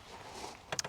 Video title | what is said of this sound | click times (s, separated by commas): Globecar Campscout Elegance Sales Handover Video | there is a cover that locks in place like that | 0.8 s